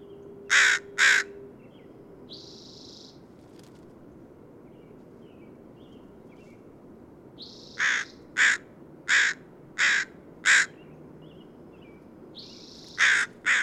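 Bird calls: two harsh caws and a buzzy note, then after a pause another buzzy note and a run of five evenly spaced caws, and a final buzz with more caws.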